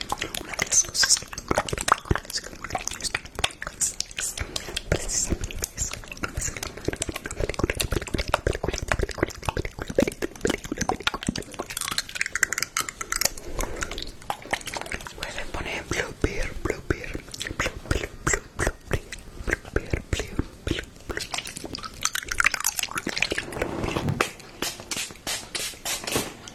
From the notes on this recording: Mouth Sounds